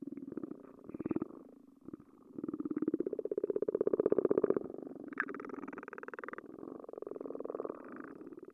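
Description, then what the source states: Underwater frog calls: fast pulsed trills rising to a louder stretch midway, then a higher buzzing passage. Underwater, with a hydrophone; multiple frogs.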